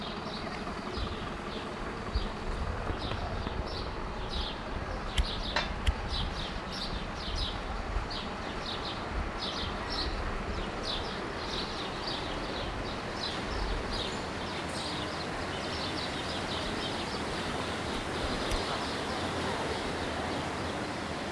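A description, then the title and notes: Sounds of Ulm: a steady, dense wash of outdoor noise with a low rumble, like passing traffic, running throughout. Bright chirping bird calls repeat every second or so above it, and a few sharp clicks stand out around five seconds in. Sounds of Ulm (Soundscapes meets Kulturradio).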